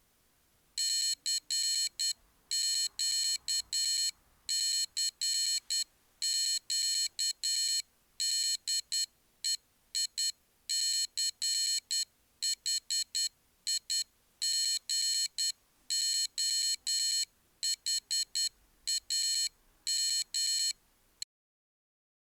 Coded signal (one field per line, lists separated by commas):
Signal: Morse code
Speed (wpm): 10 wpm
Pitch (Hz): 3000 Hz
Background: none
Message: CQ CQ DE ICHIGOHAM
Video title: Morse Coded Signal Fire by LED Tape and IchigoJam